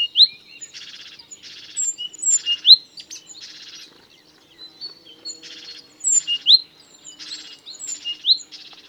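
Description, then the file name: Great tit calls: short sharp chirps each followed by a harsh buzzy churr, in loose repeated phrases, with a pause between bouts. "Parus major"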